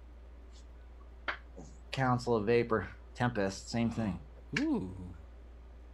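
Someone talks while handling the battery door on a triple-18650 vape mod, with a brief sharp tap near 1.3 seconds between the words. The door has not clicked shut yet and nothing has seated.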